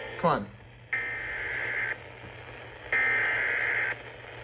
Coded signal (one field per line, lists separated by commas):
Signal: Emergency Alert System (SAME) tones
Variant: header bursts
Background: speech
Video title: Scholastic Storms III: Spring Break Squall Line!!! (EAS Alerts from 4/5/23) EAS #52-#60